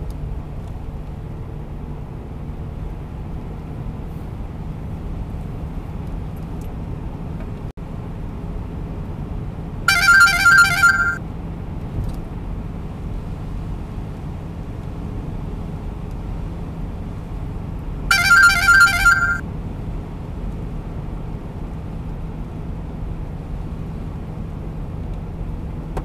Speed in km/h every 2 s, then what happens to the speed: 81, 84, 88, 90, 91, 91, 91, 91, 89, 90, 89, 89, 88.
0-7 speeds up to 91. 7-26 steady at about 90.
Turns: none.